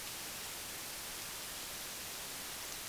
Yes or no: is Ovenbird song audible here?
no